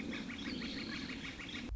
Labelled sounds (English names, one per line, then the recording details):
Northern Flicker
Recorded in Sonoma County, California